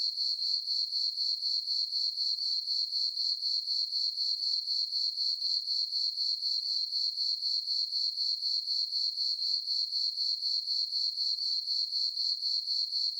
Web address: Blastwave INSECTS Crickets Chirp. Crickets, Chirp, Ambience, Night, Insect, Bug